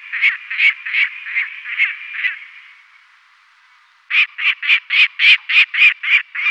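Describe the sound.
Lanner falcon giving harsh, rasping notes repeated three or four times a second in two bursts, separated by a short quiet gap.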